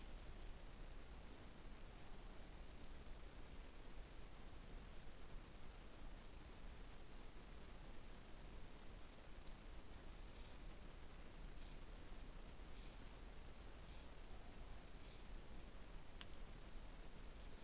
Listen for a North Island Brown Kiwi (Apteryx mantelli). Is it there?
no